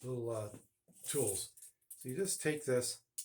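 Someone talks while handling a small plastic Rockler square-check accessory, about to snap it onto the hook at the end of a tape measure blade. A brief sharp sound comes right at the end, around 3.2 s. The accessory has not seated or clicked into place yet.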